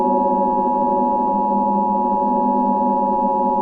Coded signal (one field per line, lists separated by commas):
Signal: Emergency Alert System (SAME) tones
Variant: 853 and 960 Hz attention tone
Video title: THE HYMN: AN EAS SCENARIO